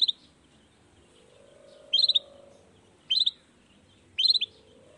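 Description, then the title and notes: Long-tailed shrike producing four brief bursts of quick high twittering notes, with a faint hum between them. Morning singing of a lively long-tailed shrike with 'toet toet' sound variations, intended to stimulate reluctant shrikes into singing quickly. "Cendet Gacor Dor Di Kala Pagi Toet Toet Variasi Suara J. Cendet Gacor Di Pagi Hari Rangsangan Emosi Cendet Malas Bunyi Supaya Secepatnya Ikutan Bunyi. Burung cendet"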